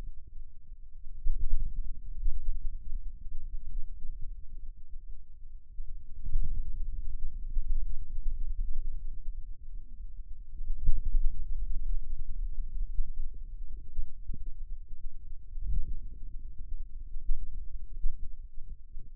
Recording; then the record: forearm muscle sounds (acoustic myography)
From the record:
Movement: ulnar deviation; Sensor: system 2, bracelet of six BSWA MPA416 microphones around the upper forearm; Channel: 1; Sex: male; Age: 22 years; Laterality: right